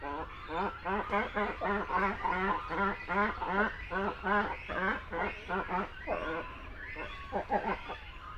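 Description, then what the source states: Great cormorant calls: a rapid series of deep, gargling croaks in pulsed, repeated bursts, several birds overlapping over low background rumble. Continental subspecies; sounds from a colony.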